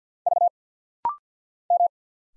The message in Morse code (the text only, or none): V M